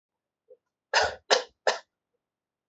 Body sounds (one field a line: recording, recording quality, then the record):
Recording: shallow voluntary cough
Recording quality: excellent, no background noise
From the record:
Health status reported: exposed to COVID-19, no respiratory illness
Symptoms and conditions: none ticked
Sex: male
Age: 29 years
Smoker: not ticked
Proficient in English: yes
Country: India